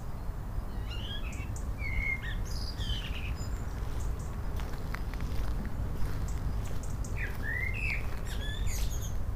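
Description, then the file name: Common blackbird calls: short sharp chirps and brief sliding notes scattered throughout, with a few higher ticks, over a steady deep rumble. "Turdus merula - Common Blackbird"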